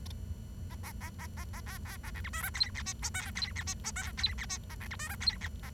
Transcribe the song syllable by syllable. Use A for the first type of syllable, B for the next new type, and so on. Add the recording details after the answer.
A A A A A A B B A C D E F G H I J K G H I J K G H I A C D E F G H A. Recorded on 23 June 2012 at 09:01. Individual gr41rd51